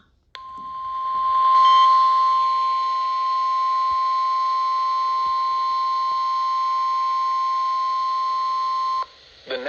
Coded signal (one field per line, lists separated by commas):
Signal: Emergency Alert System (SAME) tones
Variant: 1050 Hz attention tone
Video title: EAS Alerts From 6/26/25: A Compilation (EAS 832-844)